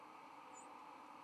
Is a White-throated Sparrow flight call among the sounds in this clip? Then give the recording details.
yes. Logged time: 06:33 on 23 November 2014